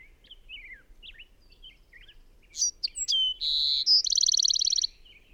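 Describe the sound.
Bird song: faint scattered chirps, then a loud phrase of sharp notes, a steady whistle and a fast rattling trill.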